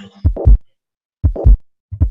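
Three heart cycles at roughly 80 beats a minute on a heart sound simulator, in a 60-year-old man with rheumatic fever in his youth. Single, unsplit first and second sounds with no added sounds, and a murmur filling the whole of systole between them, with a quiet diastole. A holosystolic murmur, with no diastolic murmur.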